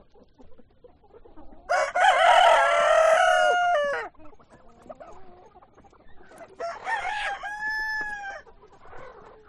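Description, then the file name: Chickens crowing: a loud rough crow lasting over two seconds, soft clucking, then a second crow. Chickens on a chicken farm. "west wolf Chicken farm"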